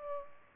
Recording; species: mosquito wingbeat signal from an infrared sensor; Culex pipiens